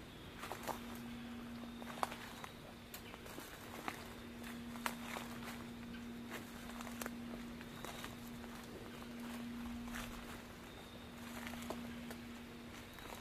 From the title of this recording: Nature Walkabout in Fall